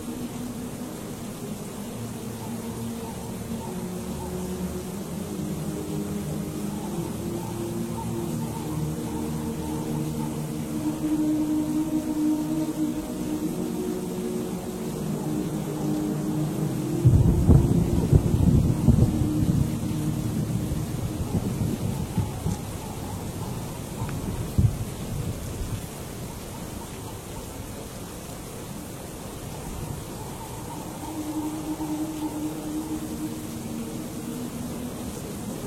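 Stormy ambience in a monastery: a steady low rumble of rain and wind fills the whole clip. Around seventeen seconds a heavy thunder roll builds and crackles for several seconds, then slowly fades back into the constant wash of the storm.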